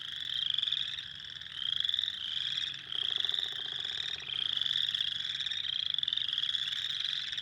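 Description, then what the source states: Spring peepers in a dense chorus of high, upslurred peeps, many overlapping calls swelling and fading in waves. Recorded 2021-04-06.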